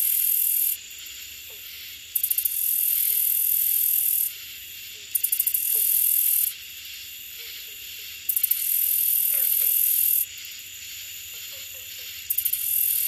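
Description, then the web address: Handsome meadow katydid song: repeated high-pitched buzzes, each introduced by brief clicking ticks, alternating with quieter intervals. North America. "Songs of Insects. Handsome Meadow Katydid"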